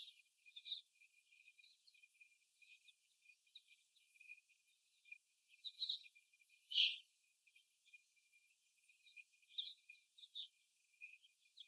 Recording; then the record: young laying hens in a cage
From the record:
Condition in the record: before the stressor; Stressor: simulated dog barking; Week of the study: 1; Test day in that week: 1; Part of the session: 4